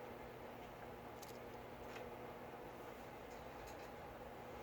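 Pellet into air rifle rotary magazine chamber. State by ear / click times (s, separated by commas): not seated / none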